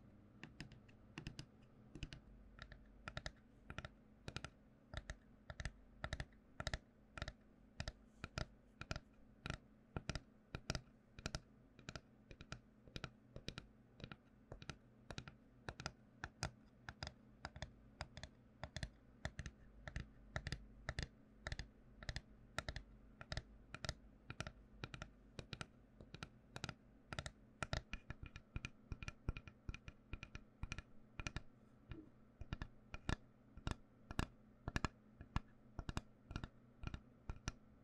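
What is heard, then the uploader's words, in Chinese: Wooden tools are tapped and clicked in a quick, steady stream of sharp, dry knocks that keep going for the whole stretch, sounding crisp, much like fast typing. A low, steady hum sits underneath. ASMR 木製器具觸發 | Wood Triggers To Help You Sleep | NO Talking。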